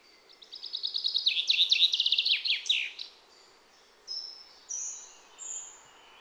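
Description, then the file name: Common chaffinch song, a run of bright notes descending into a closing flourish; three short high whistles follow. "Fringilla coelebs"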